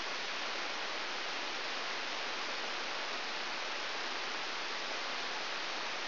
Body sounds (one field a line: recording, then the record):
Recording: brain microelectrode recording played as sound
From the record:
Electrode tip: outside the subthalamic nucleus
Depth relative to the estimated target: -4 mm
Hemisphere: right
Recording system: AlphaMap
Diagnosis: Parkinson's disease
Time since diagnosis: 13 years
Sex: male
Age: 63 years